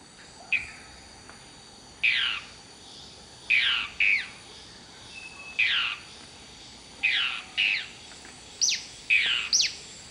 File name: Dusky throated antshrike